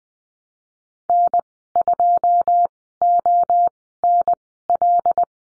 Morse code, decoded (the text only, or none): N2ONL